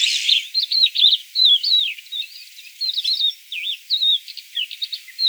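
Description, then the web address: Crested lark song, looping whistled slurs and rising-falling notes delivered in an uneven stream, with a brief noisy burst at the very start. "songs galerida cristata call"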